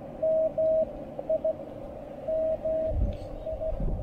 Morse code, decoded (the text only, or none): M I M I